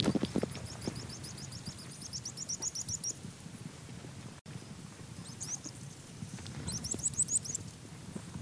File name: Ochetorhynchus andaecola - Rock Earthcreeper